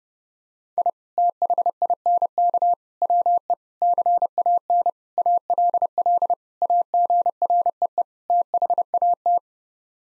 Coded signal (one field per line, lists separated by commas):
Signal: Morse code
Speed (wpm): 30 wpm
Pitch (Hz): 700 Hz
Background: none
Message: I THINK WE CAN ALL AGREE THAT